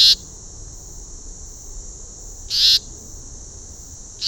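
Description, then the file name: Leaden flycatcher rasping calls: a few short harsh buzzes against a continuous shrill drone. "Myiagra Rubecula"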